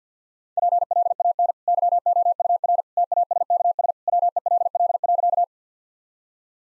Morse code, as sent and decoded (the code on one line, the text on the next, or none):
.--. .-.. .- -. / -.-- --- ..- .-. / - .- ... -.- ... / .-- . .-.. .-.. .-.-.-
PLAN YOUR TASKS WELL.